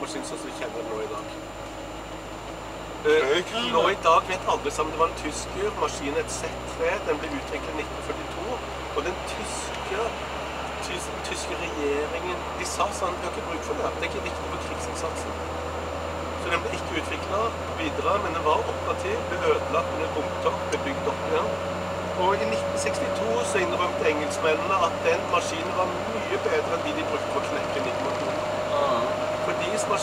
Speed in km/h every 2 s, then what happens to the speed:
37, 39, 43, 45, 48, 52, 54, 57, 59, 62, 64, 66, 68, 69, 71.
0-30 speeds up to 71.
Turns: none.